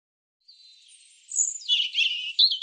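European robin song: a thin, quiet high note, then a louder jumble of rapid warbled and trilled phrases, very high-pitched, with no other sounds.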